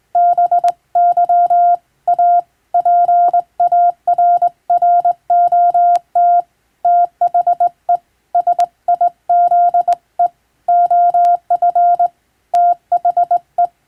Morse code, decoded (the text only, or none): BY A PARROT THE SIZE OF THE